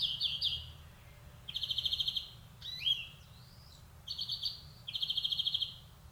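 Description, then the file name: European greenfinch singing twittering notes and rattling trills with a wheezy rising note in the middle. "Chloris chloris"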